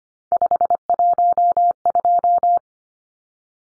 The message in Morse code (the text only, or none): 512